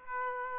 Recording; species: mosquito wingbeat signal from an infrared sensor; Aedes aegypti